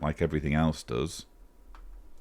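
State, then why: Seated. Someone talks, then a plastic building-brick part is pressed into a Millennium Falcon model spaceship assembly. A single short, sharp tick comes at 1.8 s, and the part is seated, sitting nicely in place.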